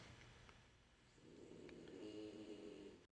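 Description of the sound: Let's listen to him snore for a minute. It's important to note he is over 30 feet from me.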